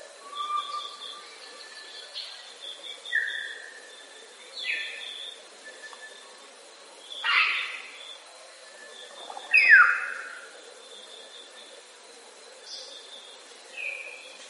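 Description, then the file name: Grey parrot mixing clear whistles, descending whistled slides and rough squawks, spaced out with pauses, against a quiet background. "canto do papagaio cinzento"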